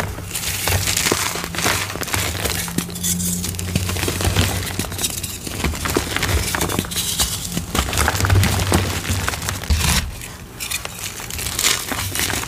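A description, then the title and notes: Gym chalk is crushed in a dense, continuous run of crunching and crumbling, with sharp cracks scattered throughout. A low hum sits steadily underneath, and the crunching eases briefly around ten seconds before picking back up. Deep Blue Slabs Mass Crush + a Fresh Block. Loud crunchy asmr oddly satisfying gym chalk crushing sounds.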